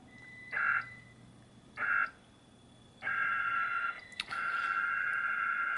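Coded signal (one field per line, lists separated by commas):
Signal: HF data modem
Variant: Pactor II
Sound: two brief warbling data bursts, then long continuous buzzy data tones with a click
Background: radio static, low hum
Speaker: this is we're making contact here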